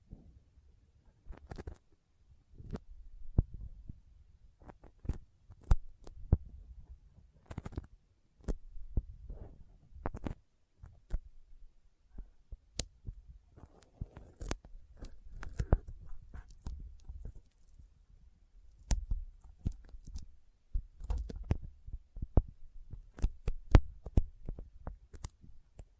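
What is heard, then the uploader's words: Sticky finger sounds: wet, tacky clicks and pops as skin pulls apart, coming in irregular bursts across the whole stretch. Sharp snaps stand out among softer, muffled thumps, with only brief quiet gaps between clusters. ASMR Intense Sticky Finger Sounds (No Talking).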